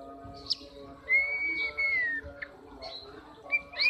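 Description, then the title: Oriental magpie-robin song: a few clear whistled notes, one long level whistle then a falling slur, with short chirps, over a low steady hum. "kacer"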